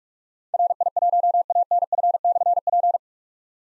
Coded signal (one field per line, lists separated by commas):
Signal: Morse code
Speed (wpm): 44 wpm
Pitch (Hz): 700 Hz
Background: none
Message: RI1ANF/P